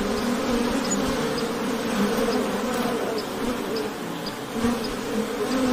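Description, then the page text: Honey bees buzzing as a dense, steady hum, a low droning tone with layered overtones, many wings sounding together without pause. Ambient sound of honey bee wings buzzing. "ミツバチの羽音3分｜ Honey Bees Sound"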